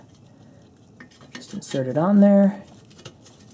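On a 1994–1997 Honda Accord, during radiator fan and condenser cooling fan replacement, the fan connector's plastic retaining clip is being inserted onto the radiator fan shroud by hand. Light handling taps come at about 1.0, 1.4 and 3.1 seconds while someone talks, but the clip has not been pushed home and nothing has clicked or seated yet.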